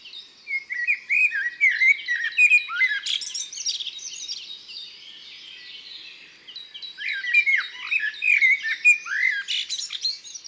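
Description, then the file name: Common blackbird singing varied warbled phrases, fluty notes slurring up and down with twittering ends, a short pause in the middle before singing resumes. "Imagier Merle noir Un jour dans la foret"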